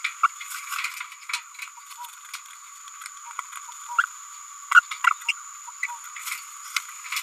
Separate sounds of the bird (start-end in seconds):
0.23-0.27, 1.29-1.32, 1.61-1.64, 3.38-3.41, 3.98-4.03, 4.74-4.81, 4.91-4.96, 5.04-5.11, 5.28-5.33, 5.82-5.87, 6.76-6.79